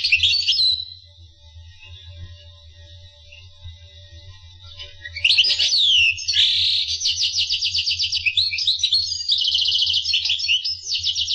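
Finch song: a brief chirp, several quiet seconds, then a long lively stretch of rapid trills and buzzy rattled notes over a low hum.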